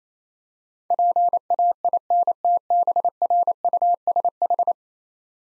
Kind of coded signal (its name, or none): Morse code